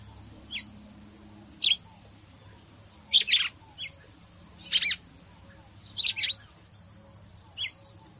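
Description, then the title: Red-cowled cardinal giving short, sharp high notes, single and in quick pairs, spaced irregularly about a second apart against a steady faint hiss. Female; song style locally called "batendo fogo". "Canto Galo Campina Fêmea. Galo de Campina batendo fogo ( Canto de Pássaros )"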